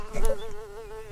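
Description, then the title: House fly buzzing, a steady droning hum with a gently wavering pitch and rich overtones, lasting about a second without a break. "Musca Domestica"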